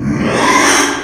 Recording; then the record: squeal of a Yucatan mini pig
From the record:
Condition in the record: after surgery on the right vocal fold (resection and tissue-engineered implant); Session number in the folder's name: 3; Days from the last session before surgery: 33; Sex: male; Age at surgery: 12 weeks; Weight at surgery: 13 kg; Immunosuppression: cyclosporine, prednisolone